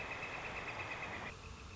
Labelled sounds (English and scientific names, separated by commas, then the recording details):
Northern Flicker (Colaptes auratus)
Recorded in Sonoma County, California